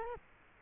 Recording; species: mosquito wingbeat signal from an infrared sensor; Culex quinquefasciatus